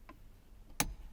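A torque wrench tightens the retaining nut on the steering wheel hub during a FactionFab steering wheel install on a 2008–2014 WRX/STI. After faint quiet background, the wrench gives a sharp click at 0.8 s as it reaches its setting, followed by another sharp snap at about 1.1 s. The nut is confirmed torqued to spec.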